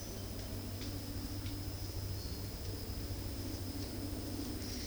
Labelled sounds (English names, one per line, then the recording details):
none
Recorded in dense forest near Puerto Asís, Putumayo, Colombia, on 19 February 2024 at 10:30
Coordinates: 0.481, -76.318
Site G6421